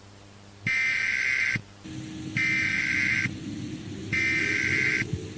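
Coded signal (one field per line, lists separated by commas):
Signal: Emergency Alert System (SAME) tones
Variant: header bursts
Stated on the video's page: Fictional EAS scenario using valid EAS tones.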